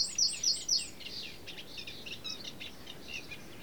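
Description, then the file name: Eurasian wren, three loud sharp high notes at the start followed by fainter, rapid jumbled twittering. "Troglodytes troglodytes"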